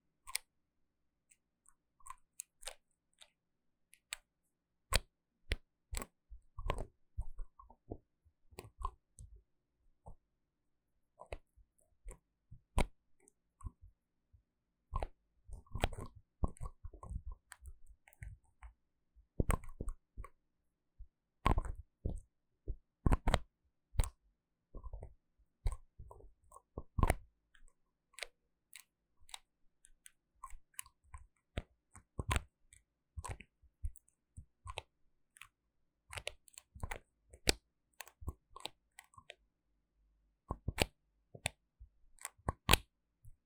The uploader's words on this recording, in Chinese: ASMR 瓶瓶罐罐觸發與瓶蓋聲 | Bottle Caps Sounds for Relaxation & Sleep | NO Talking。